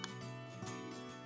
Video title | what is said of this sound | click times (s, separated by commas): ComfyGo X-9 Electric Wheelchair with Automatic Recline: Installation & Assembly Guide | You'll hear a nice snapping sound just like this. | 0.0 s